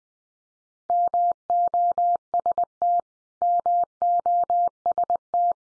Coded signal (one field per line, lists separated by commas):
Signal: Morse code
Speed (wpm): 20 wpm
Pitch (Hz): 700 Hz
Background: none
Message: MOST MOST